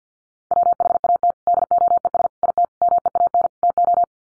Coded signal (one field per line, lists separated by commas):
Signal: Morse code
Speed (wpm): 50 wpm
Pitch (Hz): 700 Hz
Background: none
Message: WHAT DOES IT MEAN TO